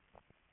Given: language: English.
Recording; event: throat vibration sensor signal played as sound; swallow